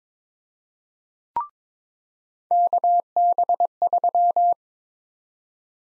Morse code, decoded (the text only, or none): KB3